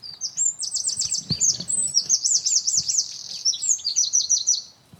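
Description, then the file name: Eurasian wren song, a loud, fast, high-pitched torrent of rattling trills and sharp repeated notes running for about five seconds, with faint low rustling beneath. "Troglodytes troglodytes"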